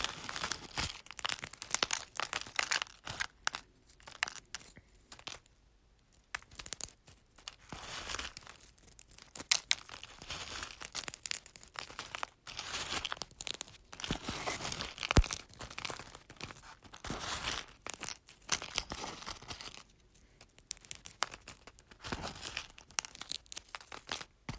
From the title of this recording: ASMR Crunching Eggs